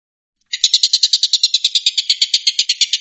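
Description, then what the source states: Stork-billed kingfisher rapid call starting after a brief silence, then a burst of harsh, evenly spaced clicks in quick succession. Rapid call style known locally as tembakan, meaning shooting.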